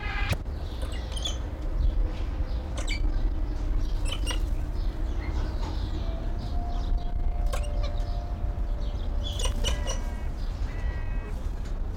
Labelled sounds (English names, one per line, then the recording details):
Galah
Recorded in captivity
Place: Zoo Berlin, Berlin, DE
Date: 1995-02-04 10:58
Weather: bedeckt, 4°C, Wind
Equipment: Marantz CP 430, Sennheiser ME 80, Kopie Uher Variocord 263
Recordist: Tembrock, Günter